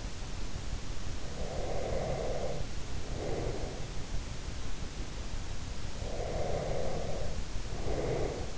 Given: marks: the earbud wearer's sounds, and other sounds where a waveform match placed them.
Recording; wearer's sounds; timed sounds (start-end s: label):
sounds in sleep by an in-ear microphone; breath
1.33-3.87 s: breath
6.01-8.58 s: breath